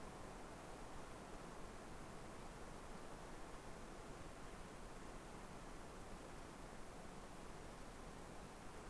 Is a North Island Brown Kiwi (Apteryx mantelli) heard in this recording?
no